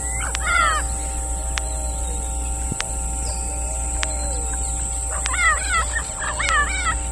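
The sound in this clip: Bird calls in short clusters of arched, wavering harmonic notes near the start and again toward the end, set against constant hum and regular ticking clicks.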